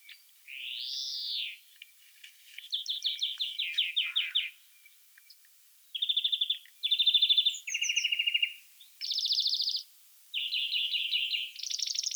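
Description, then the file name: European greenfinch opening with a long nasal wheeze that rises and falls, followed by a string of rapid trills and twittering rattles at different pitches. "Chloris chloris"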